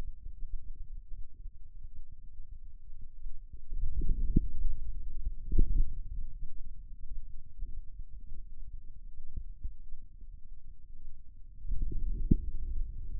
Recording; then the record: forearm muscle sounds (acoustic myography)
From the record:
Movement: outward rotation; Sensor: system 2, bracelet of six BSWA MPA416 microphones around the upper forearm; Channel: 2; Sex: male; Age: 22 years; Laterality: right